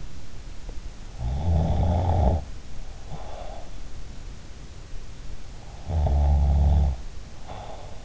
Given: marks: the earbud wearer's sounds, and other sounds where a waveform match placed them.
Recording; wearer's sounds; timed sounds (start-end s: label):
sounds in sleep by an in-ear microphone; snoring breath
1.33-3.72 s: snoring breath
5.76-8.05 s: snoring breath